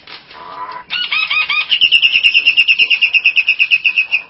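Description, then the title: Nias hill myna song: a low note, then squeaky phrases leading into a steady fast series of sharp repeated notes. "Jalak Nias"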